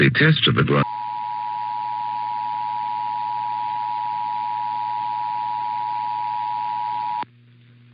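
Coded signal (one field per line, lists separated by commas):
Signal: Emergency Alert System (SAME) tones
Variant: 853 and 960 Hz attention tone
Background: speech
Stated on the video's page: Monthly tests and a NOAA Weather Radio weekly test.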